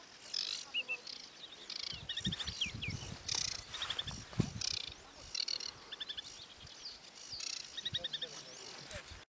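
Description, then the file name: Aquatic warbler song: short chattering bursts and dry rattling trills repeated in quick phrases, over low rumbling and thumping background noise. "canto da felosa aquatica"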